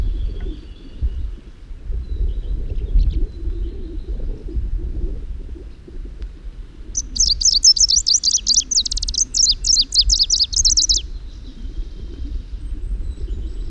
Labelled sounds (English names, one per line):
Greenish Warbler song